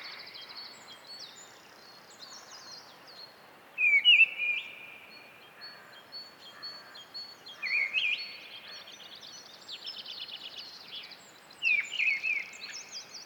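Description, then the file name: Mistle thrush singing brief fluted phrases about every four seconds, three phrases in all, over a steady chorus of high, thin calls from other small birds. "British Library - Mistle Thrush Turdus viscivorus"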